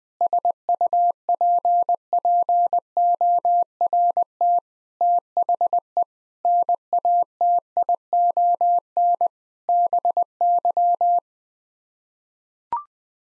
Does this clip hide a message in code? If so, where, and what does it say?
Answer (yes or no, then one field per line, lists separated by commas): yes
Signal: Morse code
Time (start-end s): 0.2-11.2 s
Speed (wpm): 20 wpm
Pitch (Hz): 700 Hz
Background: none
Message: SUPPORT THE NATION BY